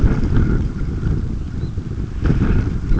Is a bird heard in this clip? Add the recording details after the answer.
yes. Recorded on Arctic tundra, site UTQI-5, on 28 June 2018. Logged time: 00:00